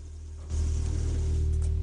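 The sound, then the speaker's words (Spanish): A van's engine rumbles low and steady, growing louder and heavier after a moment as the van pulls in and parks outside a house, with a constant idling drone and a faint hiss above. “La combi estaciona.”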